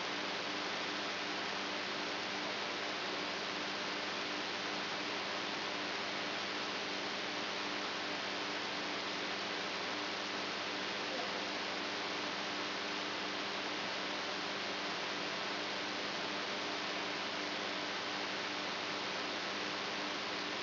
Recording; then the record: brain microelectrode recording played as sound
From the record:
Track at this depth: outside the subthalamic nucleus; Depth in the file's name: 7.304 mm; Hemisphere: right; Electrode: 2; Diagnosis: Parkinson's disease